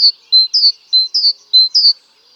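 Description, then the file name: Great tit song: a short lower whistled note followed by a higher falling note, the two-note phrase repeated several times in quick rhythm. "Parus major"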